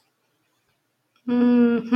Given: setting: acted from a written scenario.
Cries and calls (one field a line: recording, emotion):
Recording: vocal sound without words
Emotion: neutral